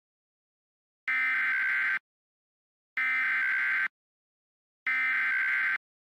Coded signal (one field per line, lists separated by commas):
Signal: Emergency Alert System (SAME) tones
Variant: header bursts